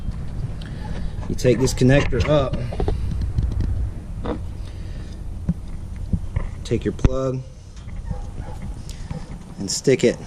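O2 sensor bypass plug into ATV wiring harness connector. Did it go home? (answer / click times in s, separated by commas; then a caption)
no / none. Someone talks while picking up an O2 sensor bypass plug and lining it up with the wiring harness connector on a 2011 or newer Honda ATV, ready to push it in. Faint handling taps and rustles are heard under the talking, with a brief louder tap near 7.1 s. The plug has not clicked or seated yet.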